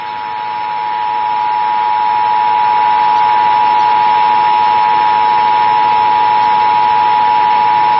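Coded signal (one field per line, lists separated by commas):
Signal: Emergency Alert System (SAME) tones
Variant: 853 and 960 Hz attention tone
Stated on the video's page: EAS alert carried by DirecTV satellite television.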